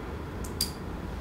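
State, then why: Seated. The red dosing grip of a turbuhaler inhaler is turned fully right and then back left, giving a faint tick at 0.5 s and a sharp, bright click at 0.6 s. With that click, the dose is loaded and the inhaler is ready.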